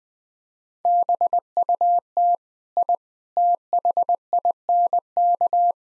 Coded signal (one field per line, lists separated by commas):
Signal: Morse code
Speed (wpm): 20 wpm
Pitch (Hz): 700 Hz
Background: none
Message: BUT I THINK